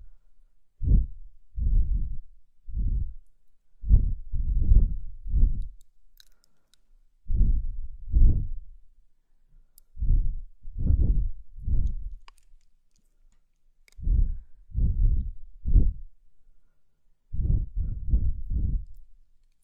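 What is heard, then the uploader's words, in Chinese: Gentle blowing breaths, heard as soft, low, muffled puffs. They come in small groups of two to four, each puff brief, with quiet pauses of a second or two between groups and a steady, unhurried pace throughout. 舒缓吹气，睡眠呼吸。这就是一个再正常不过的呼吸、吹气声。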